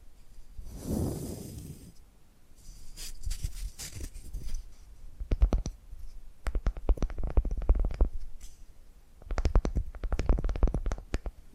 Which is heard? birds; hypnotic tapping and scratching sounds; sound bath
hypnotic tapping and scratching sounds